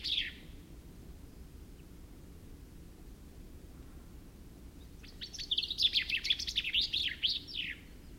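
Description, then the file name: Common chaffinch song: one short high note at the start, a long pause, then a quick phrase of many notes ending in a downward flourish; low background rumble throughout. "Fringilla coelebs"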